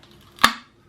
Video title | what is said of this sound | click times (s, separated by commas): ALDI Ferrex All New 20V 4ah Cordless Angle Grinder and Combo drill Tool Review by Trev's Blog | You just turn it, that little click was just the disc, I think, locating. | 0.4 s